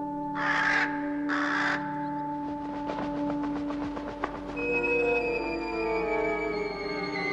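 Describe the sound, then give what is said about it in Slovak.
A raven that has flown to a window gives two harsh, raspy caws in quick succession, followed by a steady droning hum with a rapid ticking pulse and high ringing tones. “Mamo, taký havran priletel pod oblok. Priletel ako na zavolanie.”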